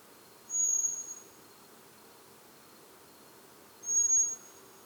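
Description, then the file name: Common blackbird with two piercing high whistled notes, each level and slightly fading, with about three seconds of low background hiss between them. "Turdus merula"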